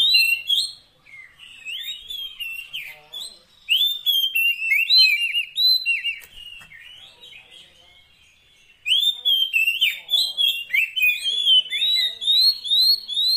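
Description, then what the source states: Oriental magpie-robin song of loud whistled phrases and sharp chirps, with quieter spells before the song returns strongly. Magpie-robin 'isian' fill-in song, used to make a kept bird sing actively day and night.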